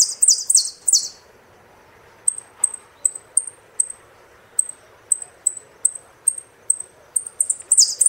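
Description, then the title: Saffron finch song: thin, very high chirps repeated every few tenths of a second, opening and closing with louder, buzzier chattering bursts. "Jilguero Argentino"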